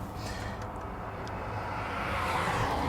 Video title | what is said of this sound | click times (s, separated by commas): Will This 1981 Chevy Run and Drive 500 Miles Home After 20 Years? | No, it's not clicked on. | none